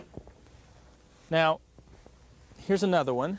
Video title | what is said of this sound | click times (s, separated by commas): First Time Gardener #4 | in a little easier you'll hear the snap now | 0.2 s